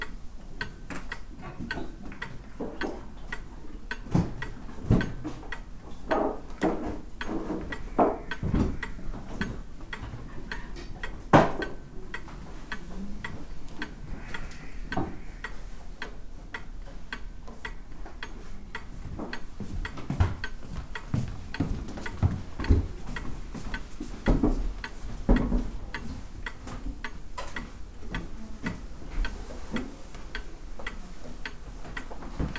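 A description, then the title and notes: Inside the Teshima Art Museum, a steady low murmur fills the space, broken by frequent sharp ticks and small clicking taps at irregular intervals. A few louder knocks stand out around 11 and 25 seconds, and faint voices hover in the background. Field recordings I made in Japan. Recordings made inside the remarkable Teshima Art Museum.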